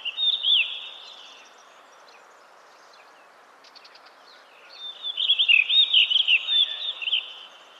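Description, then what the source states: Bird song in two bursts of quick, twittering, warbled notes, the first lasting about a second and the second longer, separated by a quiet gap over steady background hiss. Recorded in 2010.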